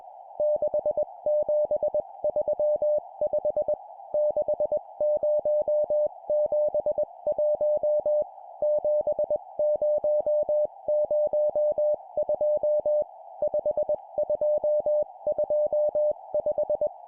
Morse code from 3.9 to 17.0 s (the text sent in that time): 6071 7002 5225